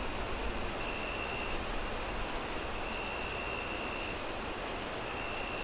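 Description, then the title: Cricket giving paired chirps repeated at a quick pace over blustery wind. Crickets on a windy night, wind howling through trees. "Relaxing Crickets Sounds On A Windy Night"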